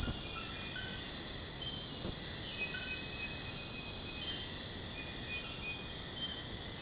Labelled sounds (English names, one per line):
none